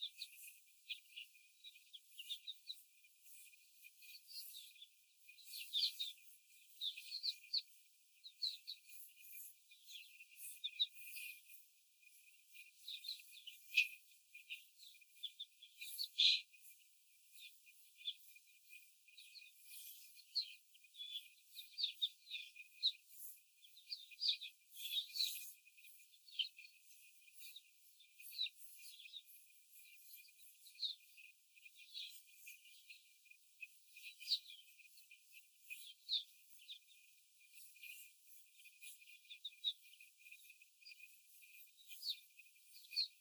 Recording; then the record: young laying hens in a cage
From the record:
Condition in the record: before the stressor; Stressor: simulated dog barking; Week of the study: 4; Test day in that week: 1